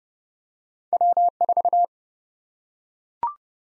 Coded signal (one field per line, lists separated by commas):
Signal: Morse code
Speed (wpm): 31 wpm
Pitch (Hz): 700 Hz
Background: none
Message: W4